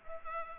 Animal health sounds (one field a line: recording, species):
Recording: mosquito wingbeat signal from an infrared sensor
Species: Culex pipiens